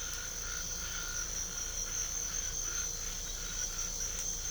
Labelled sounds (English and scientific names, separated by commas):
none